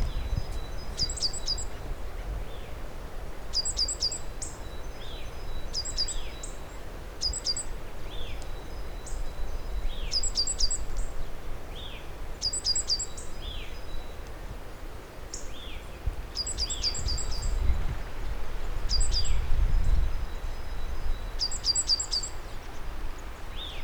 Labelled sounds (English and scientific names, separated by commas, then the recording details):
Great Tit (Parus major)
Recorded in the wild
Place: Birken-Honigsessen, Westerwald, Rheinland-Pfalz, DE
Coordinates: 50.8192, 7.76194
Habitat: mixed forest
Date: 1992-03-18 15:42
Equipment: Aiwa HD-S1, Sennheiser ME 80, 1:1 Kopie
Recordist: Frommolt, Karl-Heinz